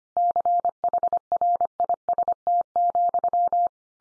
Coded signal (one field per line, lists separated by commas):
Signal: Morse code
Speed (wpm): 25 wpm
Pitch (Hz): 700 Hz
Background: none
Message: CHRIST,